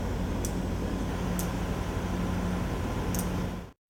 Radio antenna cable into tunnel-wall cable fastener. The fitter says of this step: when the cable is installed in one of the cable Fasteners you can hear definite click